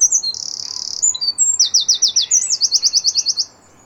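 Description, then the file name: Eurasian wren song: a high buzzy note, then two long runs of fast, regular, ringing trill notes that end abruptly. "Troglodytes troglodytes"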